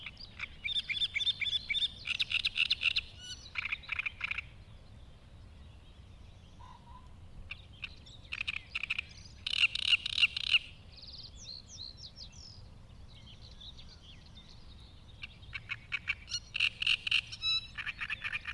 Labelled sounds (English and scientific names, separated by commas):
Great Reed Warbler (Acrocephalus arundinaceus) song